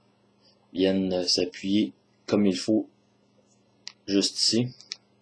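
A plastic accessory piece of a transforming robot toy is handled and pressed toward its corner so the barrel tip rests in place, while someone talks. A brief sharp tick at 3.9 s stands out between the words. Nothing has seated or clicked yet when the clip ends.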